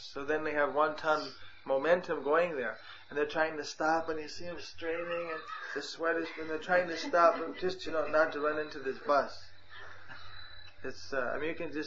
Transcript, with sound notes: So, then they have one ton momentum going, there, and they’re trying to stop, and you see them straining, and the sweat is going. They’re trying to stop but… (devotees laughing) just, you know, not to run into this bus. It’s uh, I mean, you can just how…